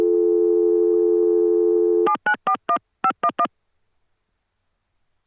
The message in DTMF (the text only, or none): 7941511